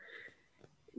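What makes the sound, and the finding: Small dog (Cavalier King Charles spaniel). Snoring.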